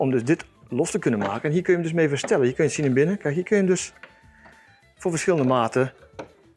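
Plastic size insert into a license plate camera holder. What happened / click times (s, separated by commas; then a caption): The plastic insert is being handled but has not clicked home yet / none. A plastic size insert is being handled at a camera license plate holder that adjusts to different plate sizes, while someone talks for most of the clip. Toward the end, a few small handling ticks are heard, and the clip ends before the insert goes home, so nothing has clicked into place yet.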